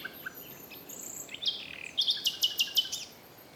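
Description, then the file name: Common nightingale song phrase: soft faint notes at first, then a quick series of bright, clipped high notes repeated about six times before fading. "Luscinia megarhynchos"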